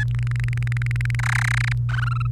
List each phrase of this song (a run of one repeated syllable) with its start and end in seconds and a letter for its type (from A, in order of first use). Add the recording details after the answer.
0.11-1.15 A, 1.19-1.73 B, 1.89-2.27 C. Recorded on 28 April 2018 at 11:52. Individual llb3